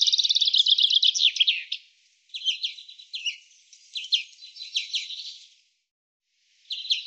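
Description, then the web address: Bird with a high, rapid trill, then several short scratchy bursts spaced about a second apart, and another trill starting at the end. "cianscape birddata Deverinetal 2025 Bird"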